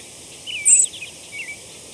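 Henslow's Sparrow gives one brief, thin, insect-like hiccup, very high, with fainter chirpy traces on either side over a steady hiss.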